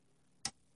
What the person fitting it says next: And you kind of hear it snap.